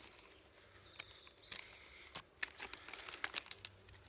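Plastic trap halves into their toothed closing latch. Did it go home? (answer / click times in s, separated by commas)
yes / 2.4 s, 3.2 s, 3.4 s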